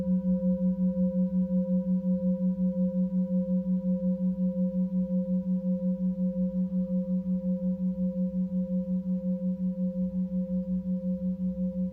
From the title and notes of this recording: Tibetan Singiing Bowl のサウンドヒーリング.